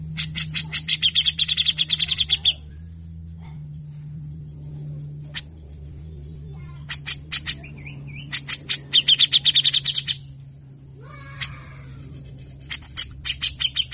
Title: MASTERAN CUCAK JENGGOT GACOR FULL BESETAN KASAR DURASI PANJANG !!!. Cucak Jenggot Gacor Ampuh Buat Pancingan Dan Masteran Berbagai Macam Burung